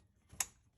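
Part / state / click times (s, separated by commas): spark plug socket onto ratchet extension / seated / 0.4 s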